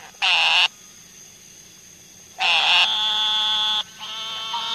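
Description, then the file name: Eastern narrowmouth toad giving nasal, buzzy bleats: one short blast, then a longer one, then a softer buzz running to the end, with quiet between them. "Gastrophryne carolinensis - Eastern Narrowmouth Toad"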